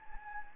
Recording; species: mosquito wingbeat signal from an infrared sensor; Anopheles gambiae